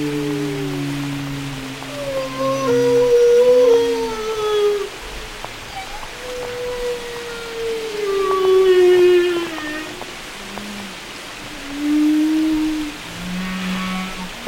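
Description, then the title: Whale song: a sequence of drawn-out moans, some gliding downward and some arching up and down, with short upsweeps between, over a constant low hiss. Whale songs described as carrying messages used in communication and social life. "Whale Wisdom: Understanding the Language of the Deep"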